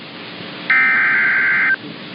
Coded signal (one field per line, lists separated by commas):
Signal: Emergency Alert System (SAME) tones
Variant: header bursts